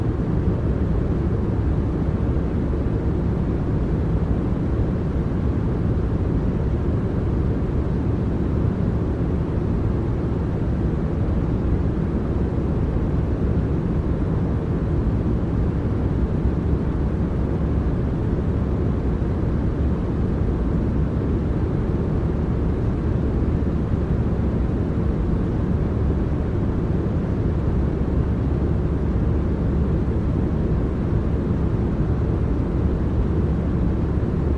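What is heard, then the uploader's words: Steady airplane noise, a deep, dense roar like the hum heard inside a cabin in flight. The sound is heaviest in the low rumble, with only a soft hiss on top, and it holds an even level with no changes or separate events throughout. Airplane White Noise.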